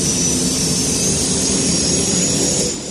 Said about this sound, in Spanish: Las naves son finas y puntiagudas. Llevan alas dobles que salen de la parte trasera. Luke enciende motores, escucha la voz de Obi-Wan.